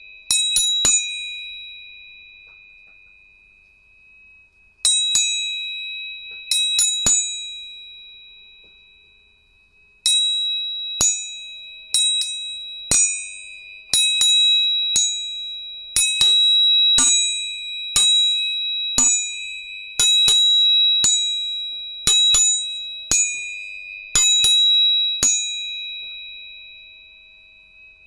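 Tuning forks are struck again and again, each sharp metallic tap leaving a clear, high, steady ring that hangs and slowly fades. A few isolated strikes open the clip, then from about ten seconds they come roughly once a second over a quiet background.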